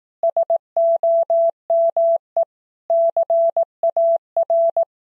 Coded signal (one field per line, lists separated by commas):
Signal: Morse code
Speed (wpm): 18 wpm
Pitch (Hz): 670 Hz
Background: none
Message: SOME CAR